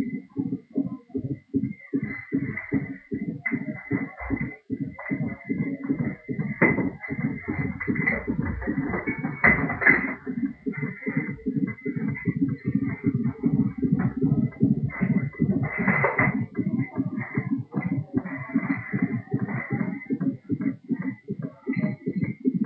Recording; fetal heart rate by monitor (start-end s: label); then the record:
fetal heart sounds by stethoscope on the mother's abdomen
0.00-10.00 s: 156 bpm
10.00-20.00 s: 150 bpm
From the record:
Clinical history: abnormal fetal non-stress test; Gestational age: 37 weeks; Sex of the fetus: boy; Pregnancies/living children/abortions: 3/1/1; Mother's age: 33 years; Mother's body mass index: 31.0